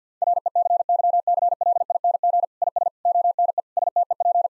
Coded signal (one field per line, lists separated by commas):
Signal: Morse code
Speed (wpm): 50 wpm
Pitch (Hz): 700 Hz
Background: none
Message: RECYCLING IS ONE STEP